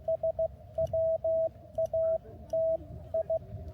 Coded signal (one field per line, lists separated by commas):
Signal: Morse code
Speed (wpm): 16 wpm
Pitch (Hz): 650 Hz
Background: radio noise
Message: SWATI